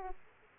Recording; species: mosquito wingbeat signal from an infrared sensor; Aedes aegypti